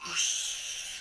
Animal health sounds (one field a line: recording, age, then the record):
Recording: pig call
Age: piglet (1 to 25 days)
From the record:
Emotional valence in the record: negative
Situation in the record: crushing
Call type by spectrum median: high-frequency call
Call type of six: high-frequency stable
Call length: 1.01 s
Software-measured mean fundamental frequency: 249 Hz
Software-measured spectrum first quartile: 2957 Hz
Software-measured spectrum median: 4960 Hz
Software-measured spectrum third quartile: 6514 Hz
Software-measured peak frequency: 6276 Hz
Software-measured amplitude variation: 80 dB a second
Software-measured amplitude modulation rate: 25.3 a second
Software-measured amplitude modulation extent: 3.2 dB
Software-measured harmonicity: 2.8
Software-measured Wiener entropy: -1.73